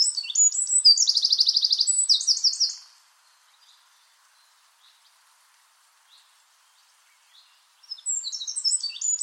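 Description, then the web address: Bird song of rapid high chirps and a short buzzy trill, followed by several seconds of quiet, then a fresh burst of song near the end. "Bird Only"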